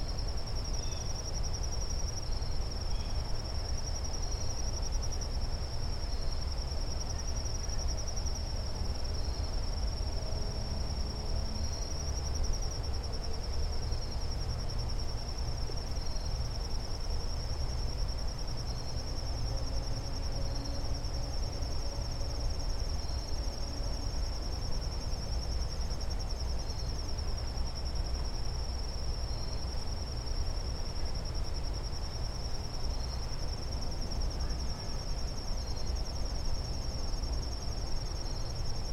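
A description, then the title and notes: Sherwood Island State Park near Westport, CT, with a steady, unbroken chorus of crickets or insects holding one high, thin pitch throughout. Underneath runs a dense, even low rumble that never changes, with faint scattered chirps here and there. A recording at the Sherwood Island State Park near Westport, CT.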